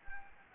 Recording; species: mosquito wingbeat signal from an infrared sensor; Anopheles gambiae